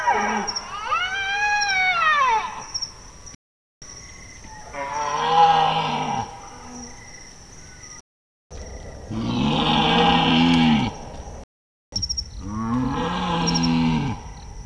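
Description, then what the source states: Bactrian deer call: one arched, clear harmonic call, then three harsher, rough-edged roars, with short pauses between. Single male Bactrian deer.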